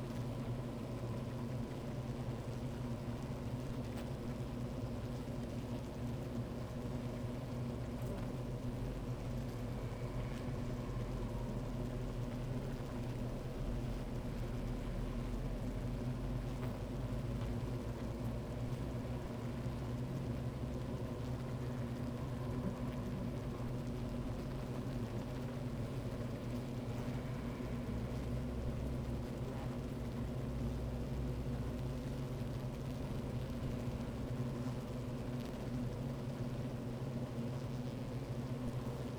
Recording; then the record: honeybee colony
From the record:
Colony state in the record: active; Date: 28 July 2017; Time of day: 12:58